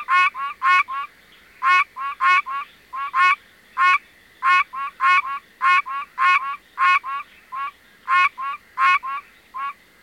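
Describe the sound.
Pine Barrens treefrog giving many nasal honks in irregular bursts, with a faint steady hum behind.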